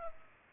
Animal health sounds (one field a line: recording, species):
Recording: mosquito wingbeat signal from an infrared sensor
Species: Culex pipiens